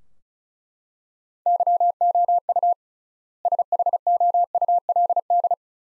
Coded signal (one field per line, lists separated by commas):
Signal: Morse code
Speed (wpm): 35 wpm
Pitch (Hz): 700 Hz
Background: none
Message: YOU SHOULD